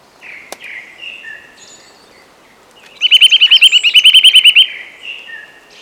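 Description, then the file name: Eurasian nuthatch with a short, loud, rapid series of piping notes, preceded by quieter bird calls and a single sharp click. "Sitta europaea"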